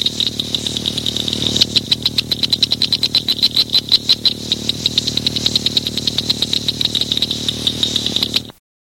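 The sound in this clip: Cricket giving a fast, shrill pulsing chirp in steady rapid bursts, continuing until an abrupt cut near the end.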